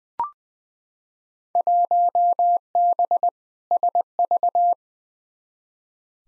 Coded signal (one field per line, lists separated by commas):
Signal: Morse code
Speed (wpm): 21 wpm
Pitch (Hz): 700 Hz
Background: none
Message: 1B SV